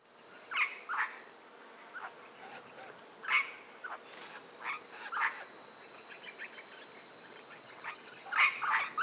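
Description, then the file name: Regent parrot calls, harsh grating notes given singly and in short pairs at irregular intervals over a steady background hiss. Eastern subspecies, Australia. "Australian Bird Calls - Eastern Regent Parrot"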